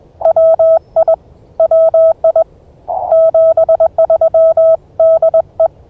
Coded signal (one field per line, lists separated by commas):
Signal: Morse code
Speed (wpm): 21 wpm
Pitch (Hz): 650 Hz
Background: none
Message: WI WI 73 DE